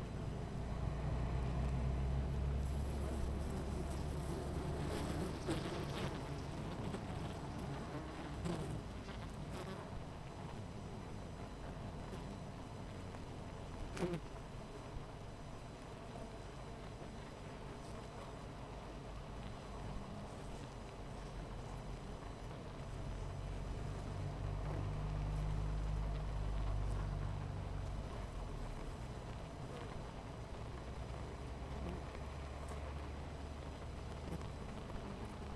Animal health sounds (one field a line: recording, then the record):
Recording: honeybee colony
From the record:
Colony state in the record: missing queen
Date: 14 July 2017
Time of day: 13:43